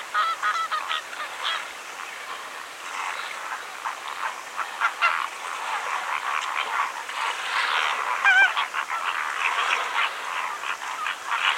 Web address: xeno-canto flamant rose